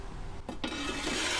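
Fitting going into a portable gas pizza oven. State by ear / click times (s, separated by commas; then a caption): seated / 0.5 s, 0.6 s. A fitting is inserted into an Ooni Koda portable gas pizza oven. After some rubbing and scraping, two sharp knocks at 0.5 and 0.6 seconds mark it locking into place, followed by continued scraping. The fitting is seated.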